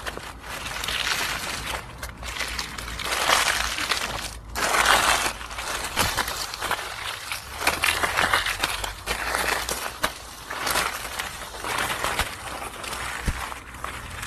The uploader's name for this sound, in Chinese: 踩落叶的声音